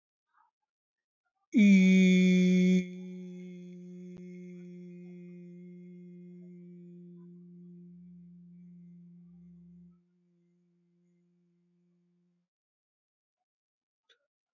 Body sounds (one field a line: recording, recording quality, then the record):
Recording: sustained vowel as in beet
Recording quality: excellent, no background noise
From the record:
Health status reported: healthy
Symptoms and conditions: hypertension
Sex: male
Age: 52 years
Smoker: not ticked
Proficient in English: yes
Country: India